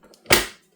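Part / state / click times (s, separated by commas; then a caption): stand neck into monitor rear mount / seated / 0.3 s. A monitor stand neck is inserted into the mount on the back of a KTC M27P6 27-inch monitor lying face down in its packaging. After a few faint handling taps, it snaps in with one loud, sharp click at 0.3 s that rings out briefly. The stand is seated and locks by itself.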